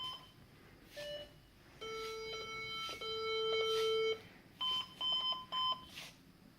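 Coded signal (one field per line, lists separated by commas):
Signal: beep code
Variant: HP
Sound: electronic beeps, one short, one long steady tone, then a few quick beeps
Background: small room, clicks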